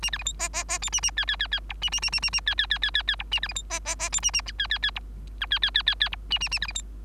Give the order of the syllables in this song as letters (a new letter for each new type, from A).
A B C D E E E F A A G G G G H A A A A A A G G G G G G H A B C D E E E F A A G G G H I G G G G G H A A A B C D